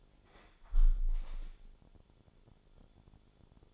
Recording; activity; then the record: daily activity, microphone in the room; close window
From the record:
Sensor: 5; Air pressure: 1015.0 hPa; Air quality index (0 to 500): 100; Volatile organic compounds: 2 ppm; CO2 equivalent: 1070 ppm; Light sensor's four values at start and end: 35/80/32/31 and 35/80/32/31